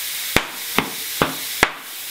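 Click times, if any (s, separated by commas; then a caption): 0.4 s, 0.8 s, 1.2 s, 1.6 s. A tubeless bicycle tire fitted with a Vittoria Air Liner foam rim insert is inflated with the valve core removed, with a steady airy hiss throughout. Four sharp, loud snaps at 0.4, 0.8, 1.2 and 1.6 seconds are the tire beads popping into their seats on the wheel rim, and the beads end up seated.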